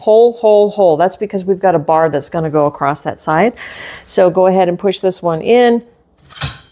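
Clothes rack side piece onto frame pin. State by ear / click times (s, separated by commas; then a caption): seated / 6.3 s. Someone talks while the metal side piece of a rolling clothes rack is pushed onto a spring pin on the frame. A sharp, bright snap at 6.3 s marks the piece snapping into place, seated on the pin.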